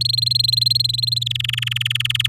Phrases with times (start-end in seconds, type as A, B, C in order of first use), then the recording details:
0.01-1.19 A, 1.21-2.27 B. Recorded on 11 May 2018 at 07:26. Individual llb16